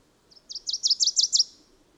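Bird song, a brief run of six or seven high, sharp, V-shaped notes delivered rapidly in a row, with faint low background noise.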